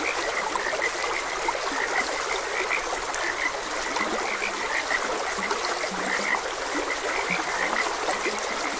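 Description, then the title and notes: Frogs croaking in a dense chorus, short bright notes near the same pitch repeating irregularly over a steady rush of flowing stream water. Frogs croaking beside a gentle stream. "Gentle Stream and Frogs Croaking. Sleep and Relaxation Podcast"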